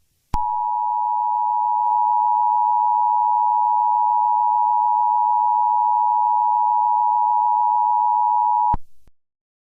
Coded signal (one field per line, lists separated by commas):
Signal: Emergency Alert System (SAME) tones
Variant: 853 and 960 Hz attention tone